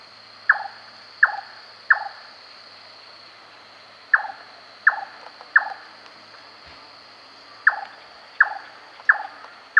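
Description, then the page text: Large-tailed nightjar calling a loud, hollow, knocking chonk, repeated in runs of three or four about every three-quarters of a second, with short pauses between runs, over a steady high hiss. "Large Tailed Nightjar Calls. Quick Sounds"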